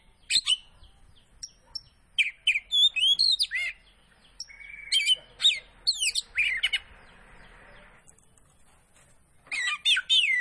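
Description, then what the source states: Oriental magpie-robin pouring out a varied run of whistles, trills and harsh rasping notes, with pauses, then a final loud burst. Kacer Poci variety; singing gacor, meaning vigorously.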